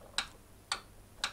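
The dust extraction hood of an Einhell TC SP 204 planer-thicknesser is fitted in place under the fully lowered table, its tab pressing the safety contact microswitch. Three short, sharp clicks are heard at 0.2, 0.7 and 1.2 seconds against a quiet background. The hood is seated in the right position and the safety contact has engaged.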